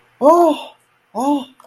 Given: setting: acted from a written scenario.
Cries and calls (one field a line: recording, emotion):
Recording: vocal sound without words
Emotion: positive surprise